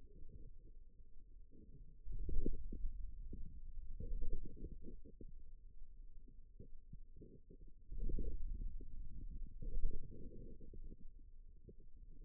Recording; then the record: forearm muscle sounds (acoustic myography)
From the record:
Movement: wrist flexion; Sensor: system 2, bracelet of six BSWA MPA416 microphones around the upper forearm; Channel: 4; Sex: male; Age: 22 years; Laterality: right